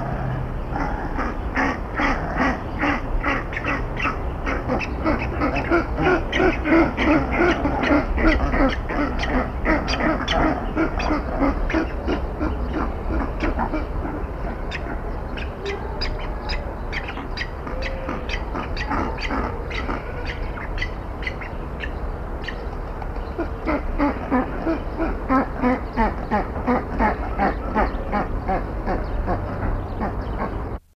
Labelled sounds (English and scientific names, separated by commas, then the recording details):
Straw-necked Ibis (Threskiornis spinicollis) call
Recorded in captivity
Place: Zoo Basel, CH
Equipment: Halbspur, 9,5 cm/s
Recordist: Lütgens, Hans
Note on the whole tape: Stachelibis mit zwei Jungen außerhalb des Nestes